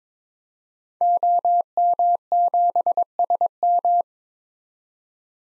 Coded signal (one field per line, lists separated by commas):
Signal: Morse code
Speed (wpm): 22 wpm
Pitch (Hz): 700 Hz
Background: none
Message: OM7SM